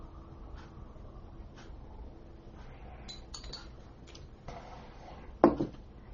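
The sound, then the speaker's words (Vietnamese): A glass clinks softly a few times while someone takes a sip of water during a Buddhist sutra lecture, ending in one sharper, brighter clink over a low steady background hum. Nobody speaks. “Các vị cho tôi hớp một miếng cái nước ấy.”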